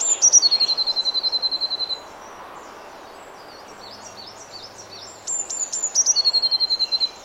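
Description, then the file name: Eurasian blue tit singing twice: each phrase starts with high sharp notes and runs into a quick, even trill, separated by about three seconds of soft background chirps. "Cyanistes caeruleus"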